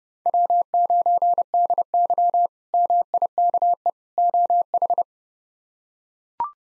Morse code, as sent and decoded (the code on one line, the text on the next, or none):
.-- ----. -.. -.-- / -- .. -.- . / --- ....
W9DY MIKE OH